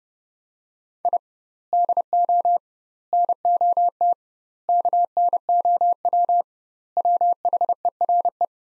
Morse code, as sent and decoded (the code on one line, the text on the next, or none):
.. / -.. --- / -. --- - / -.- -. --- .-- / .-- .... . .-. .
I DO NOT KNOW WHERE